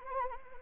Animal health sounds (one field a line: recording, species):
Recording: mosquito wingbeat signal from an infrared sensor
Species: Anopheles arabiensis